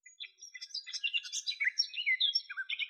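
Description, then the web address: Garden warbler song, a fast, continuous warble of rich chattering and bubbling notes, with no other sounds. "Sylvia borin"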